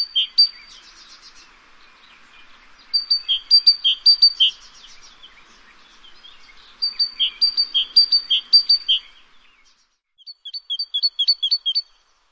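Bird chirping in quick bursts of sharp, high, ticking notes, repeated several times with pauses between.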